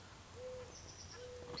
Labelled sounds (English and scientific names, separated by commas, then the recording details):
Mourning Dove (Zenaida macroura)
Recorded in Sonoma County, California